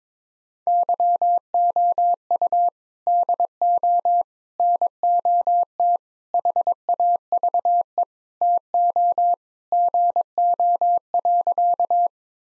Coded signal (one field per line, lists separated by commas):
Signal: Morse code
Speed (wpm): 22 wpm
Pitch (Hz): 700 Hz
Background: none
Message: YOU DO NOT HAVE TO GO.